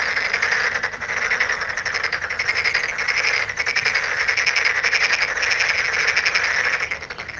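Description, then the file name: Tokyo Daruma pond frog, a dense continuous mass of rapid pulsed croaking that swells and dips throughout. "frog tokyo-daruma-gaeru"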